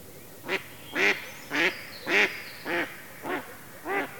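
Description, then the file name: Mallard giving loud, nasal, rasping quacks, seven in a row at an even pace of about two per second. "Digiffects Sound Effects Library - Mallard Duck Quacking"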